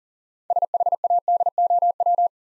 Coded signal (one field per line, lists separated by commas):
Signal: Morse code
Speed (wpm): 38 wpm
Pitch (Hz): 700 Hz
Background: none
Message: SHADOW